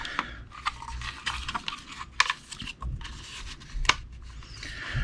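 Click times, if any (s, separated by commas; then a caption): none. An internal part is pushed into the body of an MP7 airsoft gun, giving a series of sharp ticks and rubbing scrapes, with the loudest snaps near 2.2 and 3.9 seconds. The part does not catch flush, so it is backed out to try again, and nothing has seated yet.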